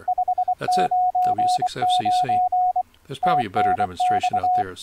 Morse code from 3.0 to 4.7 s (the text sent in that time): TNX